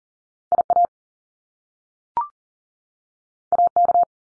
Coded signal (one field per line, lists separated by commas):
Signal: Morse code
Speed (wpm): 40 wpm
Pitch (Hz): 700 Hz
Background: none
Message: IA AK